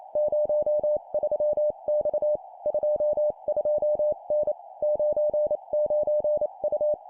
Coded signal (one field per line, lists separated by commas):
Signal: Morse code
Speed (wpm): 28 wpm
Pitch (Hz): 600 Hz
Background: none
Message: 03X 22N 99U